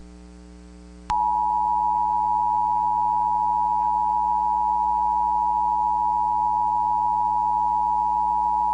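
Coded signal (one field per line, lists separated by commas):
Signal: Emergency Alert System (SAME) tones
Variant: 853 and 960 Hz attention tone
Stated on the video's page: Fictional EAS scenario.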